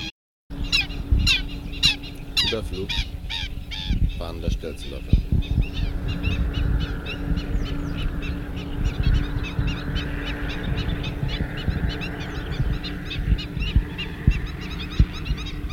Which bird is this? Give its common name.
Black-winged Stilt